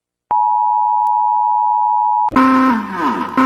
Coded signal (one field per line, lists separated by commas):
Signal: Emergency Alert System (SAME) tones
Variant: 853 and 960 Hz attention tone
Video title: Lobotomy, Gorilla, Gen Alpha Zombie, Flushy, and Enderman react to EAS alarms in Melon Playground